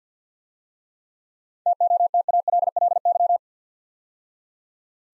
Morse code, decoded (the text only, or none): TOTALLY